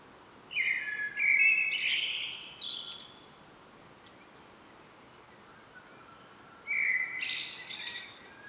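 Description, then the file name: Common blackbird song: a rich, flute-like phrase tipped with a high twitter, then silence before another similar phrase. "Turdus merula"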